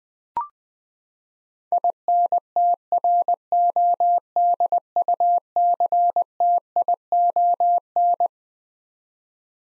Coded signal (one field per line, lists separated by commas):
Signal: Morse code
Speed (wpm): 20 wpm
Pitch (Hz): 700 Hz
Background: none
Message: INTRODUCTION